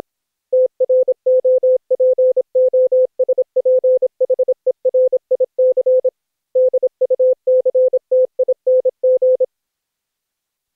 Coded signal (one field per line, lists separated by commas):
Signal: Morse code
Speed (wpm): 26 wpm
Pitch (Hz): 510 Hz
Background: none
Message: TROPOSPHERIC DUCTING